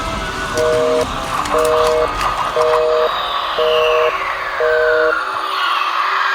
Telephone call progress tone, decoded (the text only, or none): busy tone